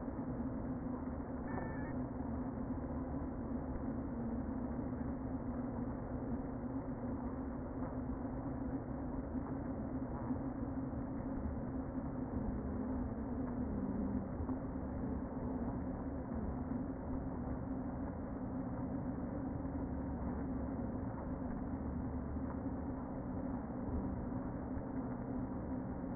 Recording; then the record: honeybee colony, microphone inside the hive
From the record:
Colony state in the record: queen present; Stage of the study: before two queens were removed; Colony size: about 60,000 bees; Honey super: yes